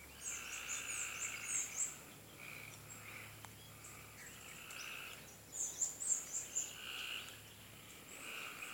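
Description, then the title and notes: Cope's gray treefrog calls: buzzy trills lasting one to two seconds, repeated several times, with high chirping insects or birds and a steady background hum. "Cope's Gray Treefrog by Christie Mullen"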